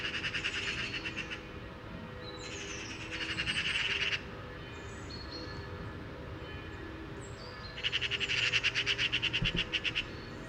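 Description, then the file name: Eurasian magpie giving several bursts of fast, harsh chattering rattles, separated by pauses with faint whistles. "Pica pica"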